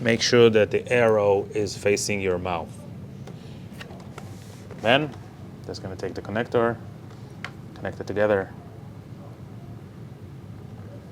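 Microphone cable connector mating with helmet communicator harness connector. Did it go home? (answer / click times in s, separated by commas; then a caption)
yes / 7.4 s. Someone talks while joining the two halves of a microphone cable connector to the helmet communicator harness connector inside a helmet. A sharp snap is heard at 7.5 s, and the connector is seated.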